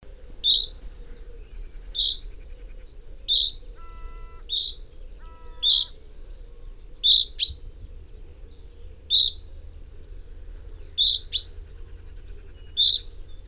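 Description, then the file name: Common chaffinch repeating sharp 'pink' calls every second or two, occasionally doubled, with two brief faint tonal sounds in the middle. "Fringilla coelebs"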